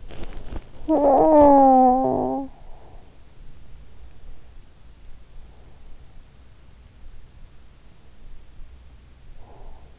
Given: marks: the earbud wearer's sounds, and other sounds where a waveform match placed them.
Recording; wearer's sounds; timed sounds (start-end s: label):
sounds in sleep by an in-ear microphone; body movement, talking in sleep, breath
0.00-0.67 s: body movement
0.91-2.91 s: talking in sleep
9.39-9.99 s: breath